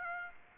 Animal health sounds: mosquito wingbeat signal from an infrared sensor; Aedes aegypti

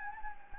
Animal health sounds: mosquito wingbeat signal from an infrared sensor; Anopheles gambiae

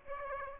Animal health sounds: mosquito wingbeat signal from an infrared sensor; Aedes aegypti

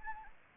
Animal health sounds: mosquito wingbeat signal from an infrared sensor; Anopheles arabiensis

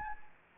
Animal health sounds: mosquito wingbeat signal from an infrared sensor; Anopheles gambiae

